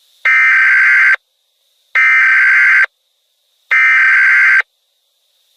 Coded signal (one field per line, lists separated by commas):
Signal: Emergency Alert System (SAME) tones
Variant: header bursts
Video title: EAS Scenario #3: Hot Planet